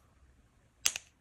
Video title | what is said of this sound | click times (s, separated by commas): Part 11. Voron 0.2 Build - Mini Stealthburner | but it should snap into place like that so you got your m210 | 0.9 s